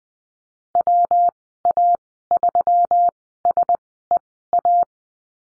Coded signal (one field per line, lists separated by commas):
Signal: Morse code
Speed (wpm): 20 wpm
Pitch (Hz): 700 Hz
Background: none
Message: WA3SEA